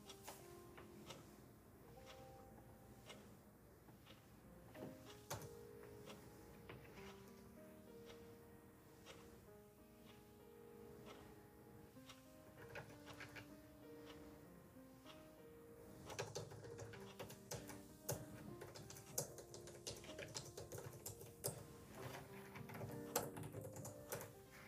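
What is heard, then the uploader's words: A lofi-style instrumental plays with short held melody notes stepping through the low and middle range over regular sharp ticks. Around sixteen seconds it gets louder and busier, with denser clicks and a thicker bass line running to the end. Ticking clock, keyboard, lofi music, kpop instr.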